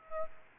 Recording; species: mosquito wingbeat signal from an infrared sensor; Aedes aegypti